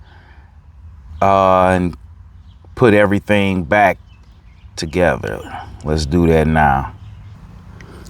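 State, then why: Seated. Someone talks, then the plastic shifter trim cover plate of a Chevy Malibu is pressed back onto the center console during reassembly after fixing a "Shift to Park" problem. Two short clicks are heard at 7.8 s and 8.1 s as the plate snaps into place and seats.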